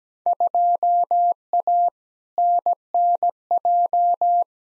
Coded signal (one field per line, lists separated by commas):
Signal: Morse code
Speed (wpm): 17 wpm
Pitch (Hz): 700 Hz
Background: none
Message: 2A NNJ